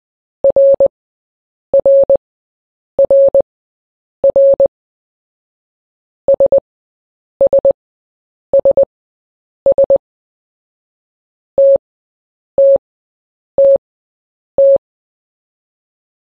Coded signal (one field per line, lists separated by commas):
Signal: Morse code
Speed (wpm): 20 wpm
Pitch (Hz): 550 Hz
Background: none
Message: RRRR SSSS TTTT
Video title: Morse Code Sounds/Translator | A - Z